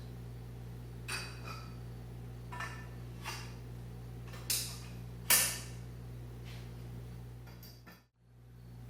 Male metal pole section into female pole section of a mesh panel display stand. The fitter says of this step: and will slide onto the other pole section and click into place.